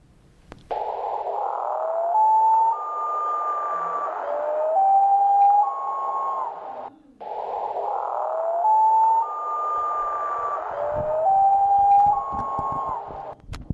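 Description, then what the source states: Common loon wailing: long, haunting tonal notes that slide upward and hold high. The phrase is given twice with a brief break between, over steady hiss. Heard in the Delta in spring; described as one of the most haunting loon sounds.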